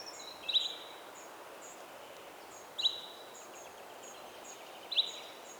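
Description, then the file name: Common chaffinch calls: three short, sharp, high notes spaced about two seconds apart, over a steady high-pitched hiss and faint rapid ticking. "Fringilla coelebs"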